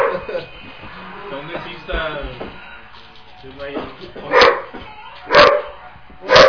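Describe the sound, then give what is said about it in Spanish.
People talk over a rough, scratchy background, then three sharp, loud dog barks from a Nintendo video game burst out about a second apart toward the end. “Y luego está un perro ladrando.”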